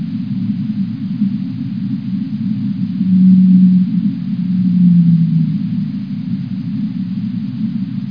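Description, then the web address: Blue whale giving two low, steady tonal moans, the second sliding slightly downward, over a constant deep underwater rumble. "walvisstrandingen. bluewhale"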